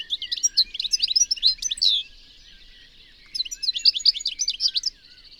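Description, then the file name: European goldfinch delivering two long, fast sequences of tinkling, metallic twitters and chirps, a faint steady buzz lingering under the pause between them. "Carduelis carduelis"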